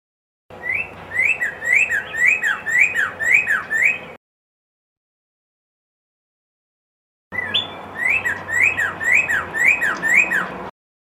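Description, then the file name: Red-crested cardinal song: two matching strings of sweet, swooping whistles, roughly two notes per second, with silence between bouts. Song variation 3. "suara kicauan burung red crested cardinal. omkicau"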